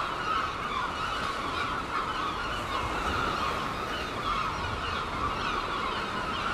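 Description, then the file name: Gulls in a noisy chorus, many calls layered together. Gulls at Seaton, dated 17 03. "Seagulls Seaton 17 03"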